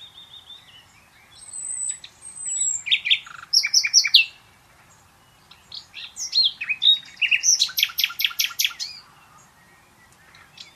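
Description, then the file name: Common nightingale singing a thin whistle, then buzzy and chirping phrases, followed by a loud fast series of repeated notes after a short pause. "Luscinia megarhynchos"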